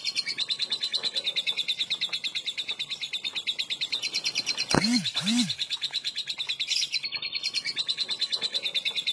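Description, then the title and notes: Lovebird giving a fast, unbroken buzzy trill of rapid high pulses that runs throughout, broken once by two quick low swooping sounds near the middle. Long ngekek trill used as a lure (kicau pancingan). "Master Kicau Lovebird ngekek, kicau pancingan"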